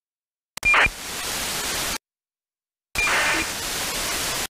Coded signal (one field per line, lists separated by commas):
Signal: ACARS aircraft data